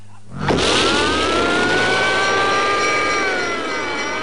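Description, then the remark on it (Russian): A car engine roars to life and revs hard, its loud, steady growl rising and shifting in pitch as the vehicle pulls away, taking the turns sharply, with no voices. “Но сегодня машину вел он, круто сворачивая на поворотах.”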